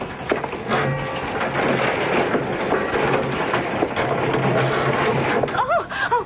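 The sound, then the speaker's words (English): An old wooden boathouse door swings open with a long, rough grinding scrape, ending in a few wavering, high squeaky creaks. “Let me open the old door.”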